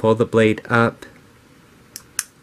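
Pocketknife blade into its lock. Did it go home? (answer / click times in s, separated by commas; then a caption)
yes / 2.2 s. Someone talks, then the blade of a second pocketknife without a nail mark is pulled up with index finger and thumb and opened. A faint tick comes at about 2.0 s, followed by a sharp click at 2.2 s as the blade's lock engages, meaning the blade is locked open.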